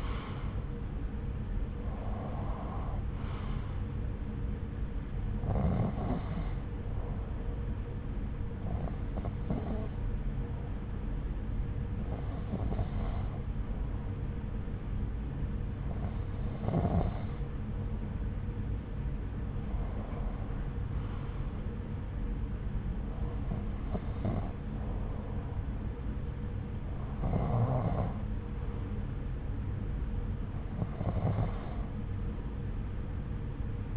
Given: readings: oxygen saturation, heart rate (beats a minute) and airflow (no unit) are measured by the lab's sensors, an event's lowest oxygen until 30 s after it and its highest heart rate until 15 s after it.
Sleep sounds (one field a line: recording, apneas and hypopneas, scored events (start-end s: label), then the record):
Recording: breathing in sleep by a smartphone at the bedside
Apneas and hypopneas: 1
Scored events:
7.00-26.30 s: hypopnea (N1, oxygen 94% highest, then 92% lowest)
From the record:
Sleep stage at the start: N1 (lightest sleep)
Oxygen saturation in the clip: 87 to 95%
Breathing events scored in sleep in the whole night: 303 in 8.1 hours asleep